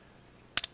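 A plastic leg tab on a Transformers Power of the Primes Volcanus figure is pushed into a slot on the body during transformation. A sharp click sounds at 0.6 s, quickly followed by a softer second click, over quiet background. The leg tab seats into the slot.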